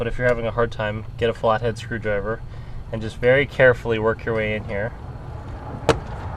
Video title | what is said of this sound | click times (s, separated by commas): Charger / Magnum Gauge Cluster Replacement Complete Guide (4k) | you'll hear it click and then there's a second one that started down here and | 5.9 s